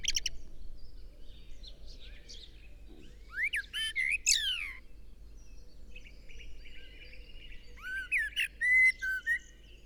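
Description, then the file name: Eurasian blackbird song, two phrases of rich whistled notes closing with high scratchy twittering, set against a steady background hiss. "Turdus merula"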